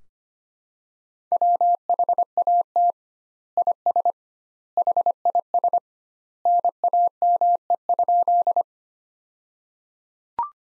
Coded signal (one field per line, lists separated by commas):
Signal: Morse code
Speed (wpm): 25 wpm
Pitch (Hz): 700 Hz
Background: none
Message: WHAT IS HIS NAME?